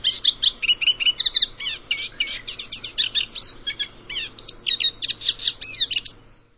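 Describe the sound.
Bird chirping in quick, busy bursts of high, sharp notes, continuing steadily for several seconds.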